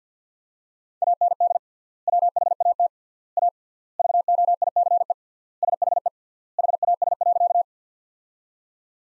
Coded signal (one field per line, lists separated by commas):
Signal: Morse code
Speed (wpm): 50 wpm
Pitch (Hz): 700 Hz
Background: none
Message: AND WHAT A VOICE SHE HAS.